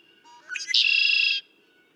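Red-winged blackbird song, a few soft introductory notes leading into a harsh, buzzy trill.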